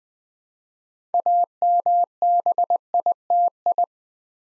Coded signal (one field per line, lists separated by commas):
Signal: Morse code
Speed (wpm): 20 wpm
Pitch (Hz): 700 Hz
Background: none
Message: AMBITI